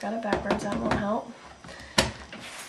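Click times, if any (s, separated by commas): 2.0 s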